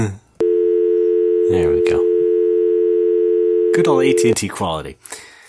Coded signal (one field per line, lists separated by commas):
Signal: telephone call progress tone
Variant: North America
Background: speech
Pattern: dial tone